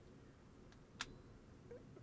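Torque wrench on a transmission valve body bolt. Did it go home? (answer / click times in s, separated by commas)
yes / 1.0 s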